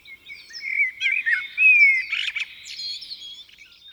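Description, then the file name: Common blackbird calls: a run of thin, squeaky twitters and short scratchy notes, with one drawn-out descending whistle near the middle; otherwise quiet. "Turdus merula"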